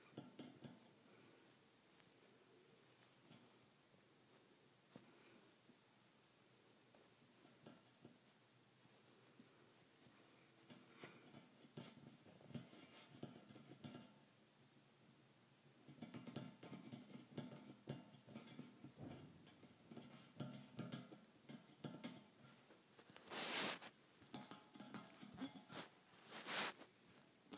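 Metal bars tap and scrape against metal in irregular clusters, busier after the midpoint, with two sharp bright clanks near the end.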